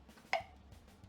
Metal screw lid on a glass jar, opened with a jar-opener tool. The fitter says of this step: hear the pop easy